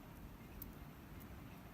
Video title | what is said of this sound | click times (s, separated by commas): Panorama walk and some new gear | just all unfold and click | 0.6 s